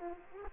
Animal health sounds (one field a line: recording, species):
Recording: mosquito wingbeat signal from an infrared sensor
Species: Aedes aegypti